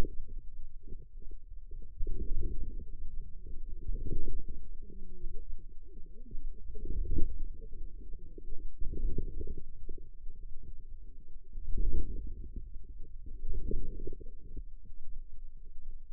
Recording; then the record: forearm muscle sounds (acoustic myography)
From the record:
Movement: inward rotation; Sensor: system 2, bracelet of six BSWA MPA416 microphones around the upper forearm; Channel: 5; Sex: female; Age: 21 years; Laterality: right